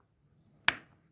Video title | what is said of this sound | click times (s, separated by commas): kapı ve pencereden gelen soğuk nasıl engellenir how to prevent cold from the door and window | ama diller yerine oturdu | 0.7 s